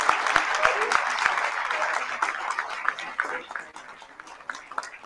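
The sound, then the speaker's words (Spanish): An audience at a gathering of artists and intellectuals hosted by the Casa de la Cultura Ecuatoriana Benjamín Carrión in Ecuador applauds its director Raúl Pérez Torres, a dense, steady wash of many hands clapping, with a few sharper individual claps standing out at the start before it gradually thins. “Y entonces pido un saludo y un aplauso para el director de la casa, de nuestra casa, Raúl Pérez Torres.”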